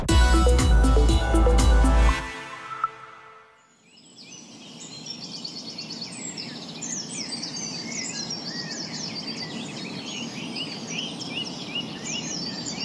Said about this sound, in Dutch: U hoort achtereenvolgens diverse vogels van Marion Schot